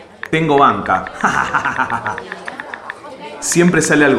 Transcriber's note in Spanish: ríe